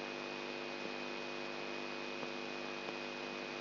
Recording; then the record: brain microelectrode recording played as sound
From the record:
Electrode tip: outside the subthalamic nucleus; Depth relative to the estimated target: -8 mm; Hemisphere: left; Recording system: AlphaMap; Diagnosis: Parkinson's disease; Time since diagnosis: 11 years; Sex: male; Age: 67 years